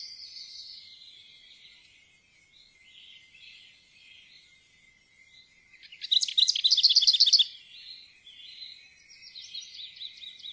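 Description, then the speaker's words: Lesser Whitethroat song: a long, quiet, chattering warble, with one loud, fast, dry rattle in the middle. Song ends in a clattering rattle that gave the bird its Norwegian name møller (miller), often compared to a mill's clatter. "Møllerens klaprende sangavslutning har gitt opphav til dens navn."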